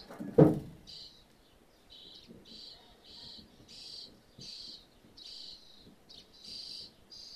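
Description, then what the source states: Birds open with a sharp thud, followed by a steady series of short, breathy hissing calls, each about half a second long. Birds feeding in a roof space; stereo recording.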